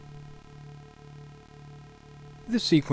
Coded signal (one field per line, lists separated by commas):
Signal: none